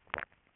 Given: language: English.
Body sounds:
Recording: throat vibration sensor signal played as sound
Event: swallow

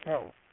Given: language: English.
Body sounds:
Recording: throat vibration sensor signal played as sound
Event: speech

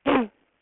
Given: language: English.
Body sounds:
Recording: throat vibration sensor signal played as sound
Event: throat clearing

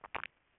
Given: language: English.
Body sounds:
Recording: throat vibration sensor signal played as sound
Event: swallow

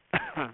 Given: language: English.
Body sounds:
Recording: throat vibration sensor signal played as sound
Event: cough

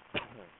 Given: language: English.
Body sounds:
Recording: throat vibration sensor signal played as sound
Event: cough

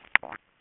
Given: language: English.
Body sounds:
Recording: throat vibration sensor signal played as sound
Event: swallow

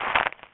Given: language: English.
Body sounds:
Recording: throat vibration sensor signal played as sound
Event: swallow

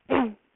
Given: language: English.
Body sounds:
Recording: throat vibration sensor signal played as sound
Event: throat clearing

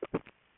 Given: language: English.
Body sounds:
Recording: throat vibration sensor signal played as sound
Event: swallow

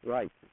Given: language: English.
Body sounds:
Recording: throat vibration sensor signal played as sound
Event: speech

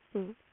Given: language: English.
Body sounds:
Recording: throat vibration sensor signal played as sound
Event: speech

